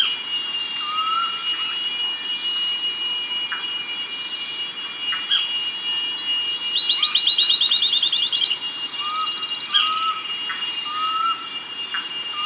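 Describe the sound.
Bird calls: brief whistled notes scattered through, with a short rapid high trill in the middle, over a steady high background hum.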